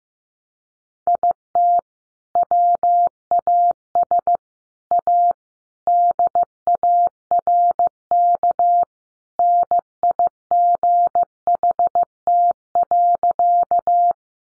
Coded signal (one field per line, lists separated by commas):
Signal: Morse code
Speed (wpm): 15 wpm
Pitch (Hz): 700 Hz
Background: none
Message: IT WAS A DARK NIGHT.